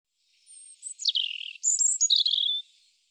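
European robin singing one phrase: a faint high whistle, then a sliding warble and a bright jumble of high, liquid notes.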